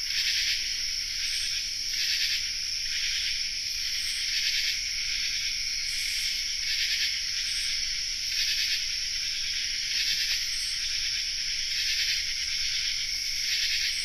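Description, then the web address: Common true katydid chorus, loud buzzy rasps repeating in uneven pulses across a steady high insect drone, with a faint low hum beneath. Chorus, North America. "Songs of Insects. Common True Katydid chorus"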